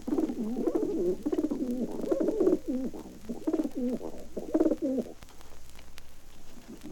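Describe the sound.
Pigeons cooing in a continuous run of low, throaty, rolling coos that overlap one another, briefly pausing before a last soft coo near the end.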